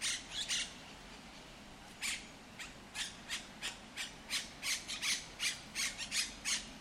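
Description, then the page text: Monk parakeet calls: a few scattered harsh squawks, then a regular run of raspy screeches. Monk Parakeets in El Retiro park, Madrid, Spain; said to be the largest population in Europe. "Cities and Memory - remixing the world. Monk parakeets in Madrid. Madrid has the greatest population of Monk Parakeets in Europe, many of whom can be seen and heard in the El Retiro park"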